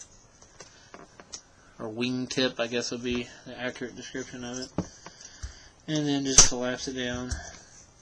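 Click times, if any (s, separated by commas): none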